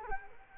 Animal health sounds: mosquito wingbeat signal from an infrared sensor; Culex quinquefasciatus

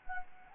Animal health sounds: mosquito wingbeat signal from an infrared sensor; Anopheles gambiae

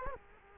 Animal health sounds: mosquito wingbeat signal from an infrared sensor; Culex quinquefasciatus

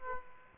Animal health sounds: mosquito wingbeat signal from an infrared sensor; Aedes aegypti

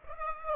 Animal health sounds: mosquito wingbeat signal from an infrared sensor; Aedes aegypti

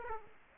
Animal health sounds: mosquito wingbeat signal from an infrared sensor; Aedes aegypti

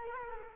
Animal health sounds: mosquito wingbeat signal from an infrared sensor; Culex quinquefasciatus

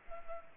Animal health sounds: mosquito wingbeat signal from an infrared sensor; Culex pipiens

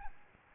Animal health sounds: mosquito wingbeat signal from an infrared sensor; Aedes albopictus

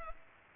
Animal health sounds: mosquito wingbeat signal from an infrared sensor; Culex pipiens

